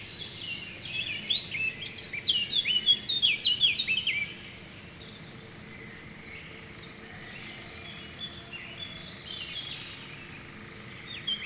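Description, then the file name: Eurasian blackcap song, a quick run of bright, chattering warbled notes over the first four seconds, then fainter birdsong and a constant low background hiss. "Sylvia atricapilla"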